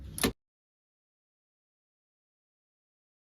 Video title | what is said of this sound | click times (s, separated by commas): VXR & Cars: How to do a Oil & Oil filter Change | 25 Newton meters, which obviously you tighten up until you hear the click. | 0.2 s